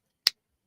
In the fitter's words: yeah, you hear that? I I don't know if you guys heard the click. I apologize if you didn't see it, but it's supposed to like click down a bit,